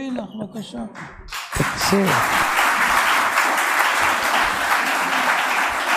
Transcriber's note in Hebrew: מחיאות כפיים